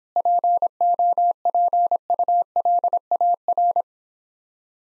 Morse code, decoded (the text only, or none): POPULAR